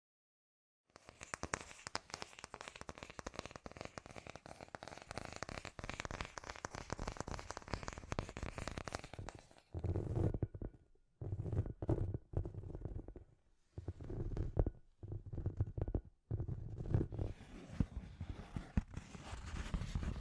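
Scratchy tapping, a dense rapid run of dry clicks and scrapes that starts after a second of silence and keeps up steadily until about ten seconds. After that it breaks into short bursts separated by brief gaps, with a fuller, lower rustle under the taps.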